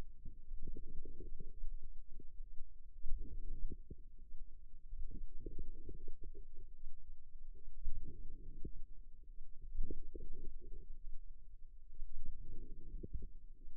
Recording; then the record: forearm muscle sounds (acoustic myography)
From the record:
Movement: outward rotation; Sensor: system 2, bracelet of six BSWA MPA416 microphones around the upper forearm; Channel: 5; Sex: female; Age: 22 years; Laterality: right